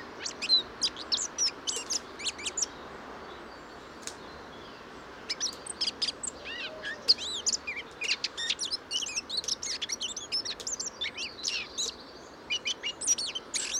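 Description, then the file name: Eurasian blackcap song: a dense, high chattering of quick warbled notes in fast bursts. "Sylvia atricapilla"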